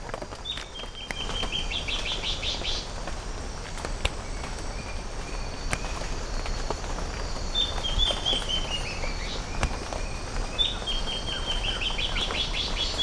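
Bird calls: a few runs of thin, high whistled notes, some stepping downward in quick succession, over a constant loud hiss of background noise.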